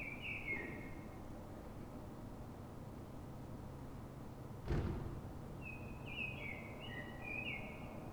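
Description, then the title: Common blackbird: a short phrase at the start and a longer one near the end, with a thud midway over steady low background rumble. Blackbird singing, described as a call; city square, Fuenlabrada, Madrid, Spain; recorded with a Zoom H1n recorder. "Pl. de Francisco Escolar, 10, Fuenlabrada, Madrid, España - Sonido Reclamo de Mirlo"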